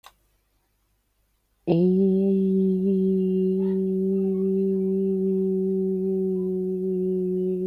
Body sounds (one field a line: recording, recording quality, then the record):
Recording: sustained vowel as in beet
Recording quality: excellent, no background noise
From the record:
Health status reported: healthy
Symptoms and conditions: none ticked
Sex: female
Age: 37 years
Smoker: not ticked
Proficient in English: yes